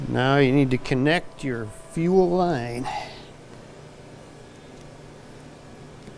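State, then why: Not seated. Someone talks for about the first 3 seconds while a fuel line quick connector is handled and lined up with the fuel tank fitting before being pushed on. After that only a low, steady background hum remains, and the connector has not yet clicked into place.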